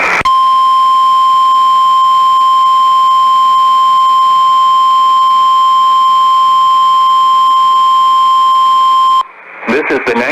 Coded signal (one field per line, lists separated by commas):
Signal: Emergency Alert System (SAME) tones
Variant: 1050 Hz attention tone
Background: speech